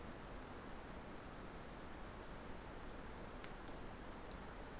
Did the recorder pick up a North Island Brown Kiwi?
no